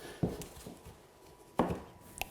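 A laminate or vinyl click-lock floor plank is pushed into the joint of the adjoining plank. Dull knocks and handling sounds at 0.2 s and 1.6 s lead up to a sharp, bright click at 2.2 s, when the plank seats and locks in.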